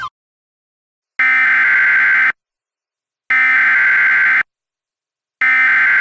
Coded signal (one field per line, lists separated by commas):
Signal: Emergency Alert System (SAME) tones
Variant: header bursts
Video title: EAS Mock: Cabarrus County, NC to Mitchell County, NC [v2]